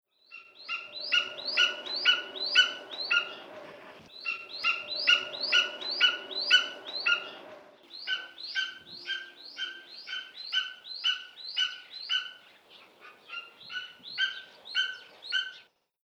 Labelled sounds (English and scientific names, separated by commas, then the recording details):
Greater Spotted Eagle (Aquila clanga)
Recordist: Tembrock, Günter
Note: Rufreihen